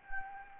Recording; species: mosquito wingbeat signal from an infrared sensor; Anopheles gambiae